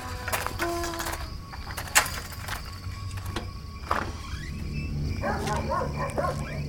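A dog barks in a few sharp, scattered bursts, then breaks into quicker, higher yelping barks toward the end over a low steady hum, with no one speaking.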